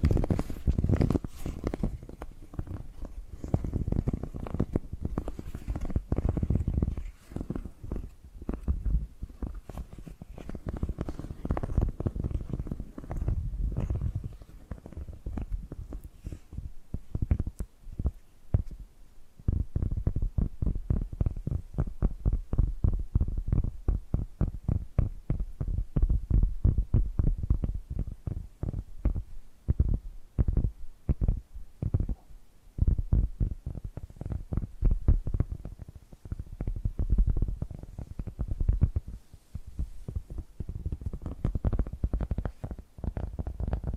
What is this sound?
Hypnotic Tapping and Scratching Sounds